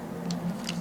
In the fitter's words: to where it would actually lock into place